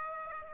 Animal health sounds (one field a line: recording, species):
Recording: mosquito wingbeat signal from an infrared sensor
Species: Aedes aegypti